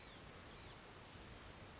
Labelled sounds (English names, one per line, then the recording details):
Blue-gray Gnatcatcher
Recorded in Sonoma County, California